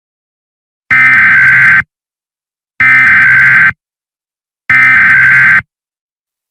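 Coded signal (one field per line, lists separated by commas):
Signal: Emergency Alert System (SAME) tones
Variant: header bursts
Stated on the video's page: Fictional EAS scenario alert.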